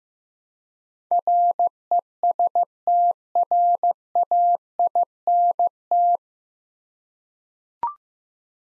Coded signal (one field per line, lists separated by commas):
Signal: Morse code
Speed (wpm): 15 wpm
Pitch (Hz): 700 Hz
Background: none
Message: RESTRAINT